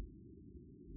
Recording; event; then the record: neck accelerometer signal played as sound; no cough (speech, laughter, throat clearing or background)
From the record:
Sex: female